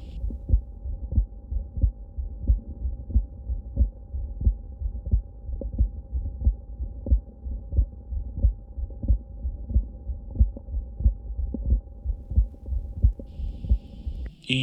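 Regular adult heart sounds heard by stethoscope at about 90 beats a minute over a steady low hum, ending with a brief tone. The second sound is split paradoxically, widening on expiration, a sign of left bundle branch block delaying closure of the aortic valve. Left bundle branch block can be intermittent and can be detected by auscultation.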